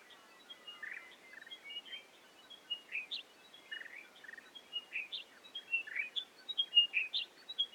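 Chiming wedgebill's descending whistled phrases repeating about once a second, softer and over a hiss of background noise.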